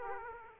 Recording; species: mosquito wingbeat signal from an infrared sensor; Aedes aegypti